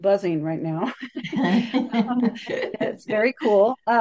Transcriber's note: laughs